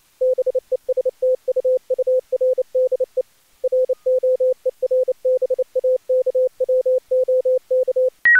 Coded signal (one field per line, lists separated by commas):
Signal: Morse code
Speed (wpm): 29 wpm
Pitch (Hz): 510 Hz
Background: none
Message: BESTUURDE ROERBAKWOK